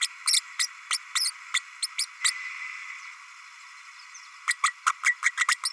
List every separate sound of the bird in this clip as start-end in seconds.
0.01-0.07, 0.27-0.41, 0.59-0.68, 0.90-0.98, 1.15-1.30, 1.53-1.60, 1.82-1.86, 1.97-2.06, 2.24-2.31, 4.47-4.57, 4.63-4.73, 4.86-4.92, 5.04-5.14, 5.22-5.31, 5.37-5.46, 5.48-5.57